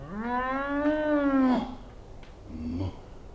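A cow peering out through a room's half-opened door gives one long, drawn-out moo that swells slightly in pitch, followed after a pause by a shorter, lower lowing sound, with no talking.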